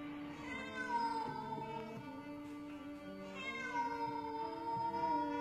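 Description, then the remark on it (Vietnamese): A white cat standing on a branch of a silk-cotton tree meows plaintively in long, drawn-out wails, two sustained cries with wavering, sliding pitch, loud and alone with no talking. “Nó đứng ở trên cành cây gạo, nhìn chăm chăm xuống mọi người mà kêu lên từng tiếng như oán hờn.”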